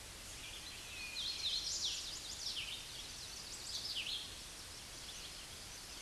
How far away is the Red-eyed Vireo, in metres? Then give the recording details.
about 25 m. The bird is about 20 m above the microphone. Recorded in a Pennsylvania forest on 16 May 2024 at 08:31. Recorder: AudioMoth, point MSD-0079. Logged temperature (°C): 16.1 °C. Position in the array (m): 165 m, 72 m